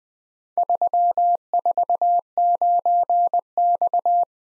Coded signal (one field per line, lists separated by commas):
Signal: Morse code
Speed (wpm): 20 wpm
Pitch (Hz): 700 Hz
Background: none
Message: 349X